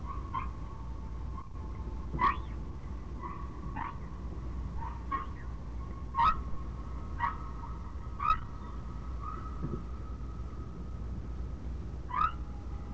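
Whale vocalizations: short whistled chirps and brief tonal squeals at irregular intervals, some with sharp harmonic bursts, over a faint continuous tone and steady low background rumble.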